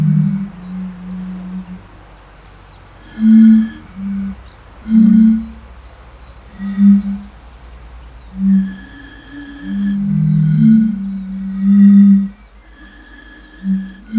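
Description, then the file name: European fire-bellied toad calls: a series of short, low, hollow notes at irregular intervals. "henrik olsson anders dahl bombina bombina"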